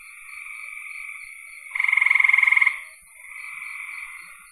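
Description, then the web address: Frog chorus with a loud rapid pulsed trill lasting about a second between softer continuous trills from other frogs, steady hiss in the background. "cn frogs"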